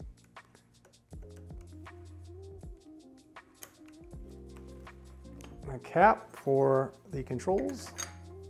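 The cap for the switch controls on a Harley-Davidson motorcycle's handlebar is handled during an install of ODI Vans V-Twin Lock-On throttle-by-wire grips. It is about to be pressed down over the switch housing. Music plays throughout with a few faint light ticks, and someone talks near the end. Nothing has snapped into place or seated yet.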